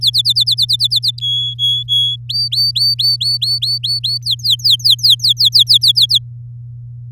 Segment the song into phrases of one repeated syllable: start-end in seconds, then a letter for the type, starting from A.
0.01-1.11 A, 1.21-2.16 B, 2.29-4.18 C, 4.22-6.18 D